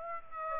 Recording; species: mosquito wingbeat signal from an infrared sensor; Aedes aegypti